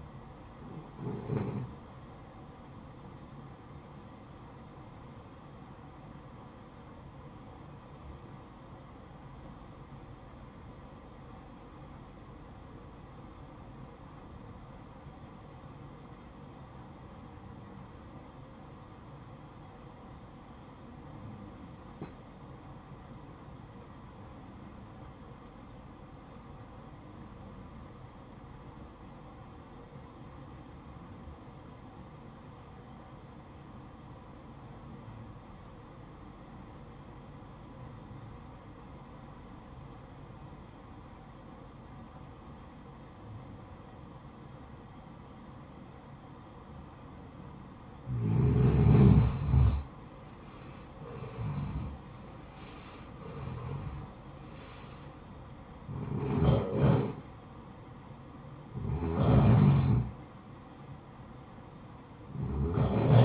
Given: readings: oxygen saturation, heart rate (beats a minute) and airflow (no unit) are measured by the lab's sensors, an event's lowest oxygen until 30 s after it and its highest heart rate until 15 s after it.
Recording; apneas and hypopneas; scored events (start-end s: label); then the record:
breathing in sleep by a smartphone at the bedside; 1
6.00-49.20 s: obstructive apnea (REM, oxygen 96% highest, then 79% lowest, heart rate 68 at the start, 74 highest)
59.00-63.25 s: new sleep stage, N1 (lightest sleep)
From the record:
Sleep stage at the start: REM sleep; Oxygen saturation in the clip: 80 to 96%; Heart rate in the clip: 54 to 74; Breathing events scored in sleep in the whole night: 573 in 9.8 hours asleep